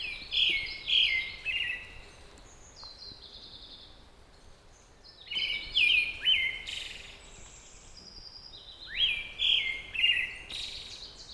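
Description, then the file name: Pale thrush song: three phrases of several whistled notes, each followed by high thin twitters, with pauses between, over faint background hiss. "thrush-pale -Turdus-pallidus"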